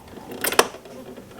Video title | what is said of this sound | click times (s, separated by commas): Frigidaire complete filter change | you go. Locked in. | 0.6 s